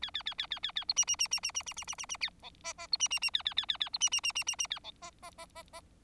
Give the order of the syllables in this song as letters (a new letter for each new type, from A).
A A A A A A A B C C C C C C C C C C C D E E B C C C A A A A A B C C C C C C A D E E E E E